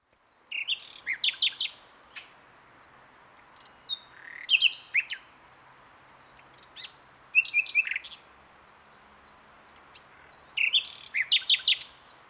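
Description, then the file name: Common nightingale song in four separate bursts of varied sharp chirps and whistles, with short quiet gaps between phrases. "Luscinia megarhynchos"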